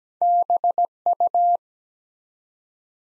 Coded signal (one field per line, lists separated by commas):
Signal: Morse code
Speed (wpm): 17 wpm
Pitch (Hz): 700 Hz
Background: none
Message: BU